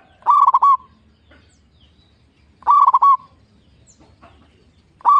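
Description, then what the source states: Zebra dove song: clear bubbling coo phrases repeated roughly every two and a half seconds, each a quick run of similar notes ending in a held tone. Local zebra dove, described as a frequent singer with a loud, crystal-clear voice.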